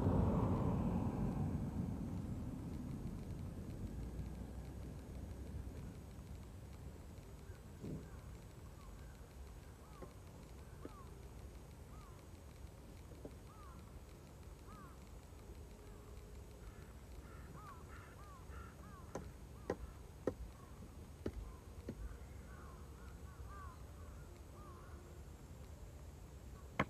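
Rice harvesting with a binder and hanging the sheaves on racks. A loud engine rumble opens the clip and fades within the first few seconds, leaving a steady low drone. Crows call repeatedly from about eight seconds on, with sharp knocks around twenty seconds.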